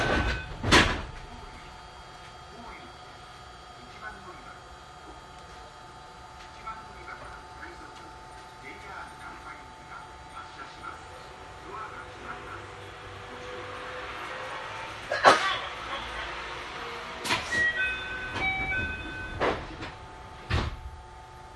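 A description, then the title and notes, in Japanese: A JR 221 series train runs from Nara toward JR Namba, with a steady low rumble and thin, held whining tones throughout. Sharp knocks break in near the start, around 15 seconds, and several times after 17 seconds, and faint voices murmur underneath. JR221系 奈良→JR難波。関西本線（大和路線）で録音をしました。車体は普通鋼製である。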